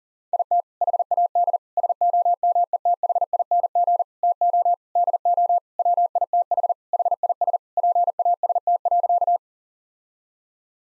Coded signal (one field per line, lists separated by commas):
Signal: Morse code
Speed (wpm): 37 wpm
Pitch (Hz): 700 Hz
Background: none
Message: IT HAD SOMETHING TO DO WITH HIS PAST.